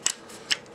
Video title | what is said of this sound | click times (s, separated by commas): M-16 & AR-15 Bayonet Overview | then it locks into place there so that's the M9 | 0.5 s